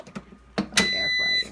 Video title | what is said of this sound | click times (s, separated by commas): Air Fryer Unboxing & Review | back down there you hear that click | 0.6 s, 0.8 s